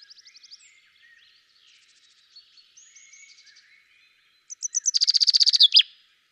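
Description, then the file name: Common chaffinch song at the end: a rapid run of repeated notes ending in a sharp flourish, preceded by quieter twittering. "Fringilla coelebs"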